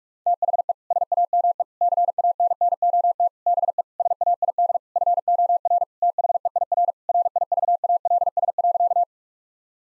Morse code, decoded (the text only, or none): THE SAME CANNOT BE SAID FOR THEIR RIVALS.